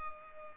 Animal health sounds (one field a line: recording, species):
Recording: mosquito wingbeat signal from an infrared sensor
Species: Culex pipiens